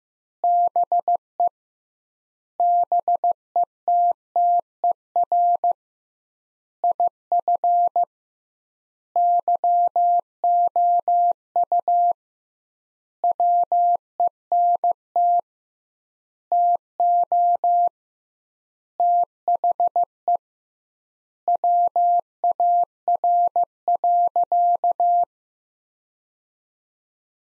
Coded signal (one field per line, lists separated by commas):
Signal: Morse code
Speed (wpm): 15 wpm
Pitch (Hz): 700 Hz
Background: none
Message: BE BETTER IF YOU WENT TO THE WAR.